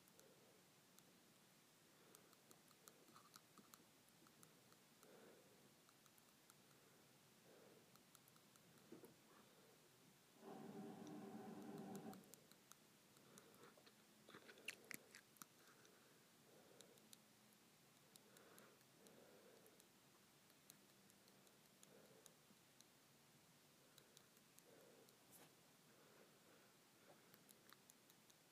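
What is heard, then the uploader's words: Teeth tap together in small, sharp clicks, quiet, coming irregularly throughout. Around the eleven-second mark a louder, low humming sound with a steady pitch rises for about two seconds before the soft clicking resumes. ASMR Tapping my Teeth Together.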